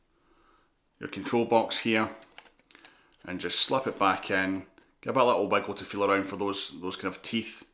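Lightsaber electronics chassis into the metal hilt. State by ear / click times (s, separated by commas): not seated / none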